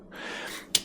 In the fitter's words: and then you're locked into place